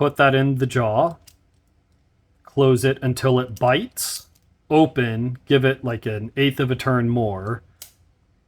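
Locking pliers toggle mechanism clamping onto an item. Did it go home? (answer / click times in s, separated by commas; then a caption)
yes / 7.8 s. Steel locking pliers are set on an item and their handles are squeezed an extra eighth of a turn while someone talks. The toggle snaps over center and locks with a sharp snap at 7.8 s, clamping the item firmly.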